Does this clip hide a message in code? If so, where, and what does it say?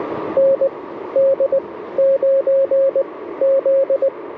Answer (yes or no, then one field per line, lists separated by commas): yes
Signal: Morse code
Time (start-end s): 0.4-4.1 s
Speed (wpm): 20 wpm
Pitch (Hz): 540 Hz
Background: radio noise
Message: ND9Z